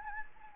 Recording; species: mosquito wingbeat signal from an infrared sensor; Anopheles gambiae